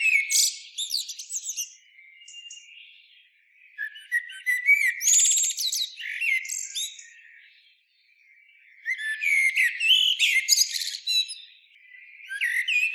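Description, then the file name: Eurasian blackbird song: repeated phrases of low, melodious whistles ending in shrill twittering, with brief pauses between verses. "Turdus merula"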